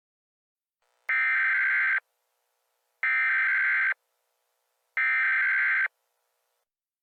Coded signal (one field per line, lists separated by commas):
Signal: Emergency Alert System (SAME) tones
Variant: header bursts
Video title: EAS Scenario: Vampire Hunters - Dire Warnings (5 Year Channel Special)